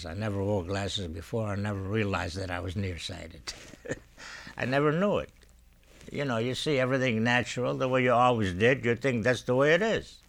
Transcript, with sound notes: I never wore glasses before. I never realized that I was nearsighted. ( he laughs ) I never knew it. You know, you see everything natural the way you always did, you think that's the way it is.